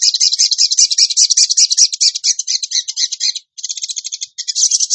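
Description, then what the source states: Bird delivering a dense, scratchy rattle of high notes almost nonstop, broken only by two very brief pauses near the end. Masteran (training recording) for birds, in the tembakan gacor song style.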